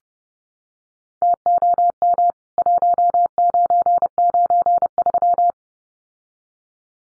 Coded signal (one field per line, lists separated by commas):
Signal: Morse code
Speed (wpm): 30 wpm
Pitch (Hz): 700 Hz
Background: none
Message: TOM 1993